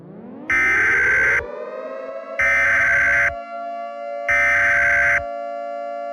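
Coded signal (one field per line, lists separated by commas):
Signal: Emergency Alert System (SAME) tones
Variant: header bursts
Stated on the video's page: Simulated EAS scenario, a Fourth of July special.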